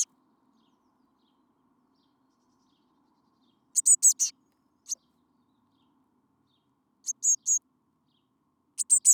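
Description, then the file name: Eurasian blue tit calls: groups of three or four high, sharp notes separated by long silences, faint low hum behind. "Cyanistes caeruleus"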